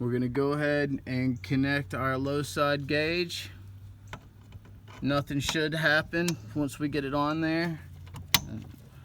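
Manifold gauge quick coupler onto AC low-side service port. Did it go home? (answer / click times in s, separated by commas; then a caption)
yes / 8.3 s. On a 2005 Nissan Frontier's air conditioning system, a manifold gauge low-side quick coupler is pushed onto the low-side service port while someone talks. Faint handling sounds come first, then the coupler snaps and locks on with a sharp metallic click at 8.3 seconds. It is seated.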